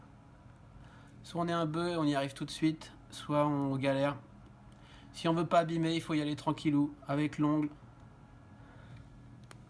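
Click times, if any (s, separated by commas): 9.5 s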